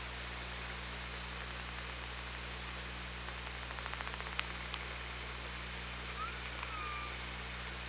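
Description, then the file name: Killer whale echolocation clicks in a quick ticking train, followed by a single smooth tonal call that rises then falls, over constant hiss and hum. Recorded on the OrcaLab hydrophone at Parson Island, 24 August 2017, 17:31. "Orca Lab UTLN JASON 20170824 173110"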